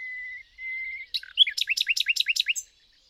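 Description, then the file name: Common nightingale: two steady pure whistles, then a rapid series of repeated, sharply descending notes. "Luscinia megarhynchos"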